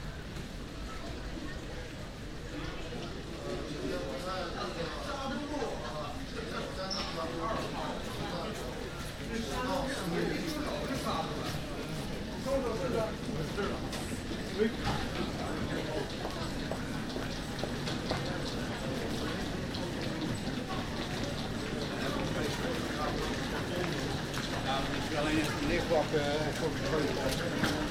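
Passengers and staff walk through an airport corridor, with a dense, steady murmur of overlapping voices throughout. Footsteps tap irregularly, and a low rumble of movement runs underneath, the whole scene holding at an even level with occasional brief clicks.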